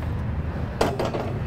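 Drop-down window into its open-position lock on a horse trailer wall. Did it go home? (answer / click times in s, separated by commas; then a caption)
yes / 0.8 s. A metal drop-down window on a Cimarron Norstar 3-horse gooseneck trailer is lowered and locks into its open-position lock on the trailer wall with a sharp metallic clack at 0.8 s, followed by a softer knock at 1.0 s. The window locks open so it won't flap against the trailer while driving.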